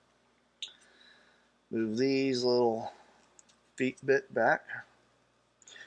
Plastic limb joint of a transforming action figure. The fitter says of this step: pull it till it clicks and then I push it forward